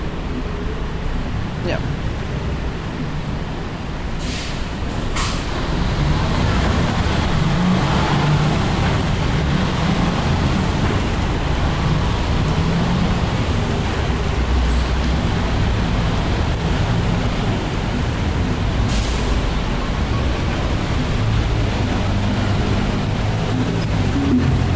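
Bustling activity forms a steady, dense low rumble, much like passing traffic, that swells slightly after about five seconds and holds. Faint high chirps drift over it around ten to thirteen seconds, and a few brief bright hisses cut through near five and nineteen seconds.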